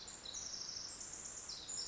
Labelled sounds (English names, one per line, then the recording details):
Pacific Wren
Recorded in Sonoma County, California